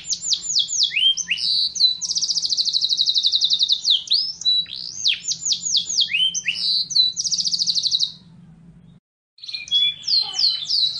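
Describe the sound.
Bird singing busy phrases of downslurred whistles and fast trills, then a pause and a few more notes.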